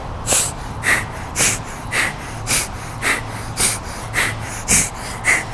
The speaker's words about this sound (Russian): Можно чуть-чуть скруглить поясницу, и тогда у вас вот удар капалабхати, он будет идти туда вниз.